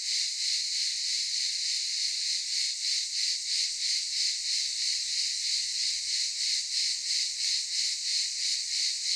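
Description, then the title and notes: Cicada chorus of steady, shrill buzzing, rhythmically throbbing roughly three times a second throughout, with no other sounds standing out. Several cicadas calling in daytime at Aylak Yaşam Camp, Çıralı, Kemer, Antalya, Turkey. "Ulupınar Mahallesi, Çıralı Yolu, 07980 Kemer/Antalya, Turkey - Cicadas daytime. Aylak Yaşam Camp, cicadas in daytime"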